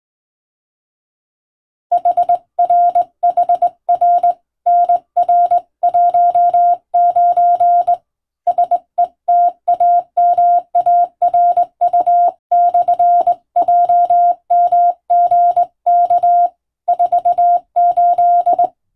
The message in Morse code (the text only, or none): HR HR NR19 SETAMARU/JMGK 48